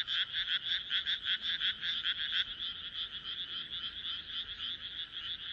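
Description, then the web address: Frogs calling: distinct rhythmic pulsed croaks for the first couple of seconds, then merging into a smoother continuous high trill. "kaeru kaeru"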